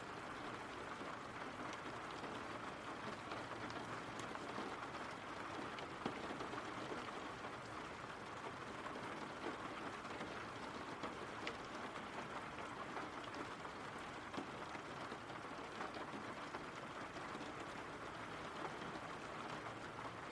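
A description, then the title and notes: Rain falls steadily and densely throughout, a constant bright hiss with fine patter of drops on a surface. The level stays even from start to finish, with occasional slightly sharper drop hits and a faint low hum underneath. RAIN SOUNDS.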